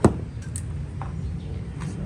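A charging connector is pushed into the charging port of a small VinFast VF3 electric car, giving a sharp click at 0.1 s followed by smaller, quieter knocks at about 0.6, 1.0 and 1.8 s over a steady low hum. The plug seats in the port and the charging indicator turns green.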